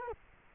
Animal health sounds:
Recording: mosquito wingbeat signal from an infrared sensor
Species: Culex quinquefasciatus

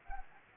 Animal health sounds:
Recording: mosquito wingbeat signal from an infrared sensor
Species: Anopheles gambiae

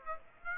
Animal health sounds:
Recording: mosquito wingbeat signal from an infrared sensor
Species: Aedes aegypti

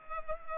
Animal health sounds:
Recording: mosquito wingbeat signal from an infrared sensor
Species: Culex pipiens

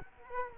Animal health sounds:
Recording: mosquito wingbeat signal from an infrared sensor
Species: Culex quinquefasciatus

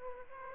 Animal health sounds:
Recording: mosquito wingbeat signal from an infrared sensor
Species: Aedes aegypti

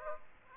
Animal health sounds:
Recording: mosquito wingbeat signal from an infrared sensor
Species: Aedes aegypti

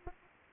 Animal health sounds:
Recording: mosquito wingbeat signal from an infrared sensor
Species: Anopheles arabiensis

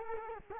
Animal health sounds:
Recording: mosquito wingbeat signal from an infrared sensor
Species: Culex quinquefasciatus

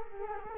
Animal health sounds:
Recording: mosquito wingbeat signal from an infrared sensor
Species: Culex quinquefasciatus

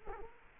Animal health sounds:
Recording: mosquito wingbeat signal from an infrared sensor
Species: Culex quinquefasciatus

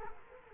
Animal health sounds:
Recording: mosquito wingbeat signal from an infrared sensor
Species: Culex quinquefasciatus

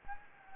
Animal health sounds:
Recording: mosquito wingbeat signal from an infrared sensor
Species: Anopheles gambiae

